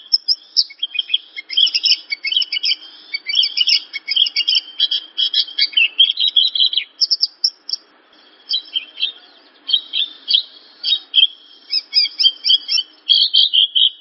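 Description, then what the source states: Bird song: rapid runs of high chirps and twittering trills with short pauses. Bird chirping song intended for training pet birds.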